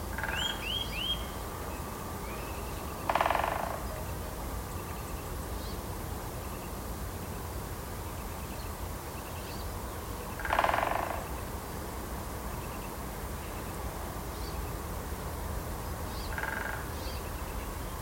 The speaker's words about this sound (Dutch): Hebben we nog dat leuke natuurgeluid waarmee we begonnen? Voor de mensen die om 7 uur nog niet naar ons luisterden. Die boomklever en die grote bonte specht. Rob Buiten nam ze op in landgoed Groenendaal in Heemstede.